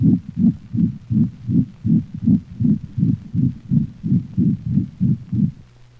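Rapid regular canine heartbeat near 160 a minute with a loud, musical, high-frequency crescendo-decrescendo (diamond-shaped) murmur building until late systole, heard best along the cranial left ventral thorax, obscuring the other heart sounds; pulmonic stenosis.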